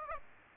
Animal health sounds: mosquito wingbeat signal from an infrared sensor; Aedes aegypti

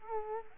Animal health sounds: mosquito wingbeat signal from an infrared sensor; Culex quinquefasciatus

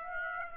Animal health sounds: mosquito wingbeat signal from an infrared sensor; Aedes aegypti

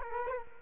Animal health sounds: mosquito wingbeat signal from an infrared sensor; Culex quinquefasciatus

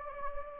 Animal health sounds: mosquito wingbeat signal from an infrared sensor; Anopheles gambiae

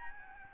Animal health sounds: mosquito wingbeat signal from an infrared sensor; Aedes albopictus

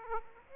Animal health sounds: mosquito wingbeat signal from an infrared sensor; Aedes aegypti

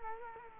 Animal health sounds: mosquito wingbeat signal from an infrared sensor; Culex quinquefasciatus

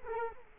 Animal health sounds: mosquito wingbeat signal from an infrared sensor; Culex quinquefasciatus

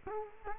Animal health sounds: mosquito wingbeat signal from an infrared sensor; Culex quinquefasciatus

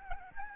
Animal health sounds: mosquito wingbeat signal from an infrared sensor; Aedes albopictus

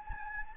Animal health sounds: mosquito wingbeat signal from an infrared sensor; Anopheles gambiae

